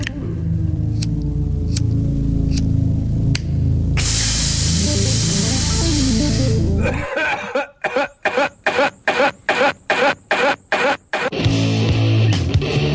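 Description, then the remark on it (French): A lighter clicks sharply several times, then a steady rushing hiss of burning gas follows, broken later by a run of rapid, stuttering pulses before the hiss returns over a low hum. “Vendredi après-midi, le papier, le tabac, le briquet,”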